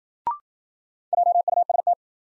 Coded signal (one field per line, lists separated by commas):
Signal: Morse code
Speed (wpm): 53 wpm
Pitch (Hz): 700 Hz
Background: none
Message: JUST